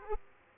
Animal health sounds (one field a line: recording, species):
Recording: mosquito wingbeat signal from an infrared sensor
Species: Aedes aegypti